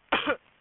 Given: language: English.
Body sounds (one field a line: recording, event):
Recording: throat vibration sensor signal played as sound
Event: cough